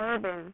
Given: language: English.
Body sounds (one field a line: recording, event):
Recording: throat vibration sensor signal played as sound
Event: speech